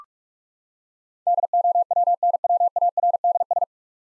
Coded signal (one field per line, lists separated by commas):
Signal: Morse code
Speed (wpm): 42 wpm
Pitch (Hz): 700 Hz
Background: none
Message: DOWNWARDS